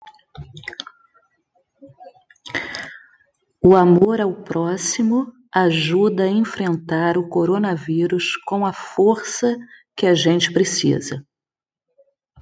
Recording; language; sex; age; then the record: spoken sentence; Brazilian Portuguese; female; 50 to 59 years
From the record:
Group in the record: control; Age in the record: 52 years